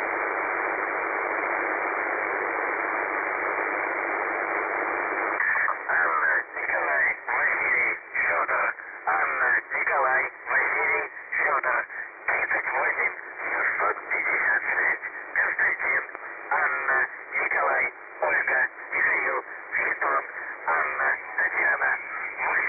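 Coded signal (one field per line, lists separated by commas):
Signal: numbers station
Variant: UVB-76 voice message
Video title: The Buzzer/UVB-76 Voice Message (December 2, 2020 10:59 UTC)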